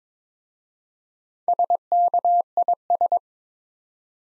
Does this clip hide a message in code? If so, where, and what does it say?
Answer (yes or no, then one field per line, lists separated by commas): yes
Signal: Morse code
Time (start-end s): 1.5-3.2 s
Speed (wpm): 22 wpm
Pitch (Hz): 700 Hz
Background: none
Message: SKIS